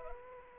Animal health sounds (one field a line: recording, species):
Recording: mosquito wingbeat signal from an infrared sensor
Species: Aedes aegypti